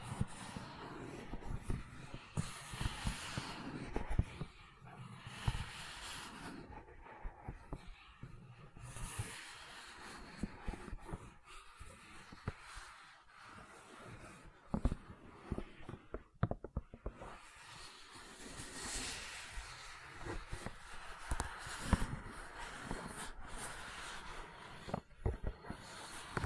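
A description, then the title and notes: Gentle silicone sounds: soft squishing, rubbing and tapping that keep changing, with many small clicks and pats scattered throughout. Brief bright hissy swishes come and go, with sharper taps near 16 and 22 seconds, and a low faint hum underneath. ASMR Gentle Silicon Sounds for Sleep (No Talking).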